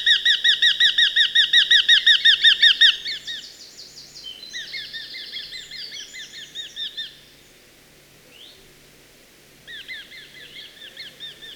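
Eurasian hobby with a loud, fast run of ringing notes, then quieter overlapping calling, a pause, and a soft series resuming near the end.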